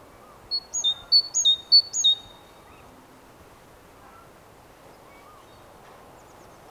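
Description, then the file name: Great tit song, a quick run of three ringing three-note phrases, followed by quiet. "Parus major"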